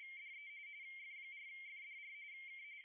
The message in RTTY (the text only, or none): DE F4FDR K